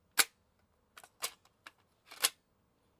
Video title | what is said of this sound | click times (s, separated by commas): How to transfer Macintosh SE components to MacEffects clear case and floppy drive service | see that nice click | 1.0 s, 1.7 s